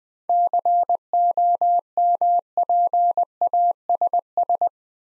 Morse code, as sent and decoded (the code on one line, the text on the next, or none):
-.-. --- -- .--. .- ... ...
COMPASS